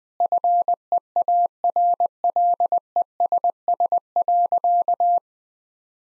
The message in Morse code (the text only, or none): FEARLESS.